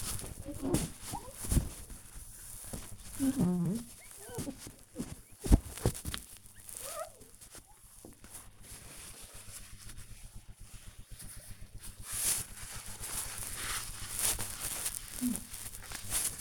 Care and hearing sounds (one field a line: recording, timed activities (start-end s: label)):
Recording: household activities, microphone on the right wrist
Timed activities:
0.00-16.41 s: window cleaning